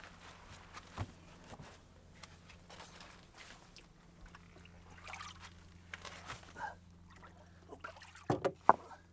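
Wet goat skins, soaking to make them pliable for a bombo drum, slosh and squelch in water, with irregular splashes and drips that build to a few louder, sharper bursts near the end over a steady low hum.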